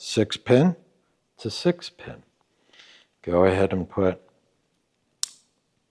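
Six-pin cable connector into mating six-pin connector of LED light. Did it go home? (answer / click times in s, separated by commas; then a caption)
yes / 5.2 s. A six-pin wiring harness cable connector is pushed into the mating six-pin connector on an LED light while someone talks. A single sharp click sounds at 5.2 s, and the connector is locked in, then pull-tested.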